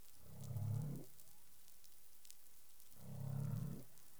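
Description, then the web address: Humpback whale calls: two deep, groaning harmonic notes about three seconds apart, each under a second long, with soft crackles and hiss between them. Recorded in the Caribbean on 20 April 2021 at 04:08 UTC. "CARIMAM clean data humpback whale"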